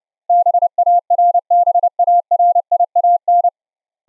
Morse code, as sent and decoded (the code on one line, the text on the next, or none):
-... .- .-. -... .- .-. .. .- -.
BARBARIAN